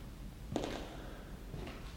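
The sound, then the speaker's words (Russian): A couple of soft footsteps: one crisp scuff or tap, then a fainter second step about a second later, over a low, steady hum with no talking. “Это не эхо. Чьи-то шаги.”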